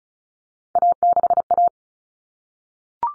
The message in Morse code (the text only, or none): A6A